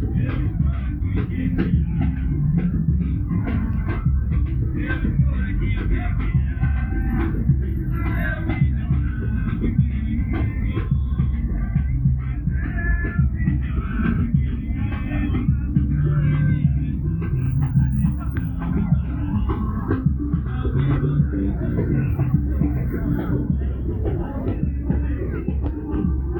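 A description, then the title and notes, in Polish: A busy walk through a city district, with a steady murmur of voices and crowd noise over low traffic rumble, loud throughout. Spacer po Copacabanie.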